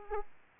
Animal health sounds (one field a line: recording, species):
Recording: mosquito wingbeat signal from an infrared sensor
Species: Aedes aegypti